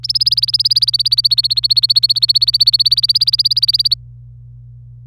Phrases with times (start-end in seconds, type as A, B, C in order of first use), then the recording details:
0.03-3.94 A. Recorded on 26 April 2018 at 12:17. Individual llb3